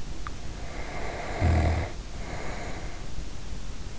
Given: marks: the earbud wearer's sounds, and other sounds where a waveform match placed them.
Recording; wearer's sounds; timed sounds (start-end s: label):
sounds in sleep by an in-ear microphone; snoring breath
0.11-3.29 s: sound from someone else or the room
0.43-3.29 s: snoring breath